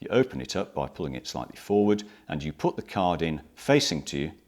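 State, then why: Not seated. Someone talks while handling an SD memory card at the spring-loaded side card slot of a Nikon D3400 DSLR camera, whose cover is opened by pulling it slightly forward. The card has not seated or clicked into the slot yet.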